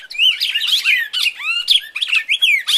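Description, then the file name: Red-crested Cardinal fighting call: a dense stream of fast phrases of sweeping whistles and scratchy chirps that rise and fall in pitch. Red-crested Cardinal giving a fighting (tarung) call. "suara burung red crested cardinal tarung omkicau"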